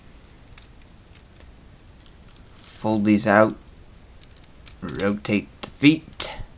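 Someone talks while handling the plastic foot joint of a transforming robot action figure's leg, folding parts out and rotating the feet during transformation. Only light taps and small handling clicks are heard between the words. The clip ends before the ratchet joint goes home, so nothing has seated or clicked into position yet.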